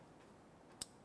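The red connector position-assurance lock tab on the knock sensor harness connector of a 2015-2020 Cadillac Escalade is pressed up and in. Against a low, steady background hiss, one sharp, bright click sounds at 0.8 s. The tab snaps in and the connector is locked and seated.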